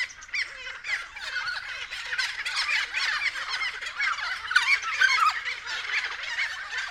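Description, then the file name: Friarbirds in full chorus, a loud, continuous jumble of harsh, squawking and gurgling calls from several birds. Several friarbirds recorded at 6:30 AM. "BIRD-FRIARBIRDS-N-301111-6 30 AM"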